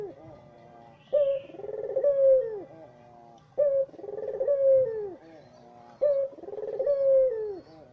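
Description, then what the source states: Barbary dove cooing clearly: three phrases, each a crisp short note then a rolling, slightly falling coo, spaced about every two and a half seconds against a quiet background. Released as a masteran training recording for songbirds; white Barbary dove (puter putih).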